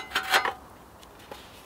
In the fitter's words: that just clicks on like that